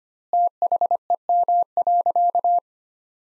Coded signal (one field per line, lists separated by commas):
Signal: Morse code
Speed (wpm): 25 wpm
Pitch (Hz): 700 Hz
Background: none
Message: THEM.